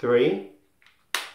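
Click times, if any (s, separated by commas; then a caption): 1.2 s. Someone talks briefly, then a Manfrotto Pixi Evo tripod's legs are moved to the next stop and the leg position snaps into the tripod's detent mechanism with one sharp click at 1.2 s. The legs are seated at level four.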